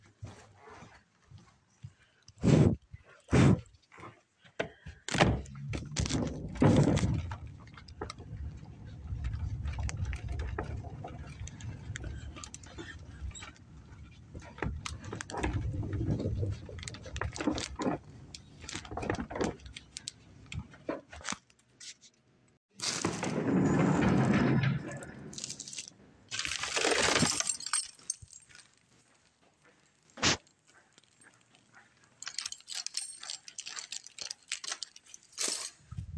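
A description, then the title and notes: Cleaning in an indoor space: sharp knocks and clatters early on give way to a low, steady rumble like an elevator running from about 5 to 22 seconds. Loud rustling bursts, likely trash bags, follow near 23 and 27 seconds, with scattered taps and thuds to the end. As well as elevator sounds, walking, trash bags and doors.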